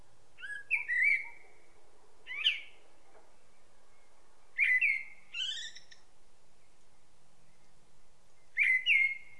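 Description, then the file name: Common blackbird singing repeated phrases of low melodious whistles, each closing with thin, rapid high squeaks, separated by short silent gaps. "Turdus merula"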